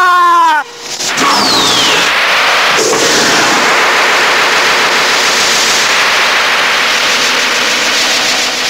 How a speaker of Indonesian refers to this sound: Benturan kedua tenaga sakti itu menimbulkan ledakan yang memekakkan telinga.